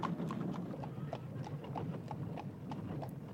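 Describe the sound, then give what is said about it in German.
Horses' hooves clip-clop in a steady, overlapping rhythm of sharp knocks over a low rumbling bed, as several horses and travelling carriages move off together down a street. “Zu Pferde, in Reisewagen brachen die Verbannten auf.”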